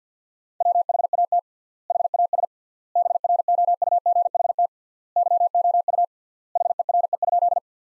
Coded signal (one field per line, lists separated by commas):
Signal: Morse code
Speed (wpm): 50 wpm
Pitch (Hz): 700 Hz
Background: none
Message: WHAT HAS BROUGHT YOU HERE?